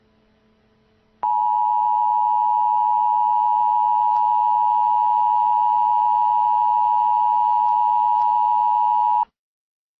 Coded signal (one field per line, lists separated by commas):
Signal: Emergency Alert System (SAME) tones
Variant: 853 and 960 Hz attention tone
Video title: Tornado Outbreak EAS Scenario: US East Coast